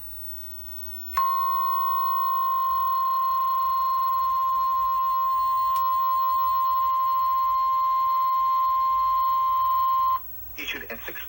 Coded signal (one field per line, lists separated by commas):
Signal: Emergency Alert System (SAME) tones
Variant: 1050 Hz attention tone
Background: speech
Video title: Thanks A Lot Wakefield...EAS Alerts From August 15-16, 2020 (EAS #368-403)